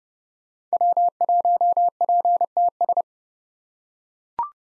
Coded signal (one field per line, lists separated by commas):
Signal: Morse code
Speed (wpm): 30 wpm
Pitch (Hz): 700 Hz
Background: none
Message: W1PTS